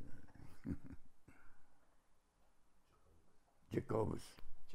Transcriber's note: chuckles